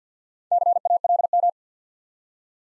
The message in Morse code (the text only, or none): CALM